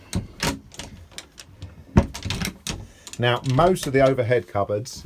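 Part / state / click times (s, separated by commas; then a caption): push latch on a motorhome cupboard door / released / 0.1 s. A push latch on a motorhome cupboard door is pressed and clicks to release at 0.1 s, and the door is then opened and shut with several short knocks and clatters. Someone talks near the end.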